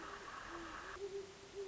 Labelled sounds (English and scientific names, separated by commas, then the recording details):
Great Horned Owl (Bubo virginianus)
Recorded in Sonoma County, California